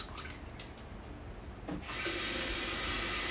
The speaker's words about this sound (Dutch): Halwa vind ik een van de lekkerste delicatessen uit de Iraanse keuken. Een beetje kokend water bij.